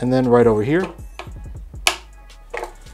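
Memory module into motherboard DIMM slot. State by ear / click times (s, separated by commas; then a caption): seated / 1.9 s. Someone talks briefly as the other end of a memory stick is pressed down into a motherboard DIMM slot. The second plastic latch snaps shut with a sharp click at 1.9 s, and the memory is locked in and seated.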